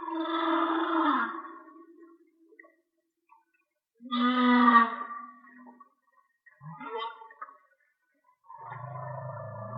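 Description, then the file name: Whale song: a series of harmonic moaning units, one with a falling sweep, a brief rising squeak, then a low grumbling unit at the end. "Whale Song-colin"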